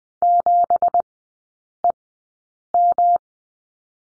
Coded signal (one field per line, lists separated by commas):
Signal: Morse code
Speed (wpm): 20 wpm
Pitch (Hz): 700 Hz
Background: none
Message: 7EM